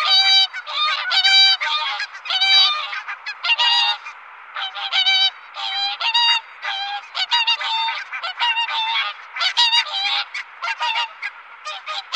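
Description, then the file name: Whooper swans giving loud trumpeting honks, many overlapping calls from several birds in a busy, continuous chorus. "Sangsvan"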